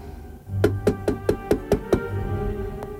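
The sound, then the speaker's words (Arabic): Seven sharp knocks on the wooden door of a bedroom in a steady, fairly quick rhythm, each a solid hollow thud, followed by quiet with one faint tap near the end. “خبطت على باب اوضته مره واتنين وتلاته ما ردش.”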